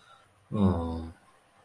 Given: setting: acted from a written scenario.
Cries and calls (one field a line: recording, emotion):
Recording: vocal sound without words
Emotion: sympathy